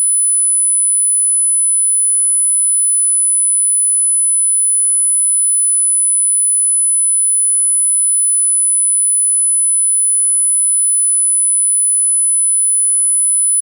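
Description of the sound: A single steady, very high-pitched pure tone, around 9 kHz, plays quietly and unchanging for about 14 seconds, with no other sound. It is a sound-effect simulation of tinnitus (acúfeno), the constant ringing or whistling some people hear in their ears.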